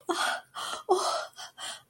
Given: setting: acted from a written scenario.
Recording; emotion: vocal sound without words; elation